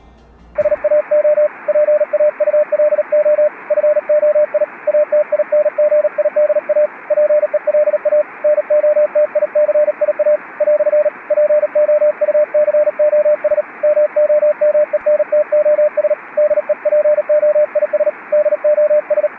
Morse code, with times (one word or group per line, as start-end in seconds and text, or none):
0.6-1.5 SAO
1.7-3.5 PAULO
3.7-4.6 FOI
4.9-6.9 ATINGIDA
7.1-8.2 PELA
8.4-10.4 NOTICIA
10.6-11.1 "
11.3-13.6 POUCOS
13.8-16.1 MOMENTOS
16.4-18.1 DEPOIS
18.3-19.3 DOS